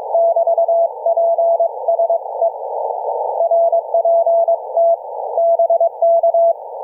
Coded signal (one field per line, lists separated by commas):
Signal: Morse code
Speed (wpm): 22 wpm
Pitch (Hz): 670 Hz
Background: none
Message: <BT>PSE RPT BK